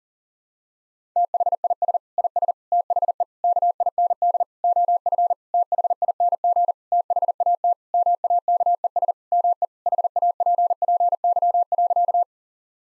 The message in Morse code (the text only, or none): THIS IS THE KIND OF THING THAT MAKES ME HAPPY.